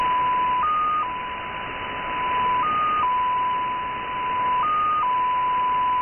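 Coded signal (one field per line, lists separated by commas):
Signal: numbers station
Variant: XPA2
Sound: steady tone that jumps slightly higher for about half a second every two seconds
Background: radio static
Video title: XPA2 16338 USB 10-14-2018 1500z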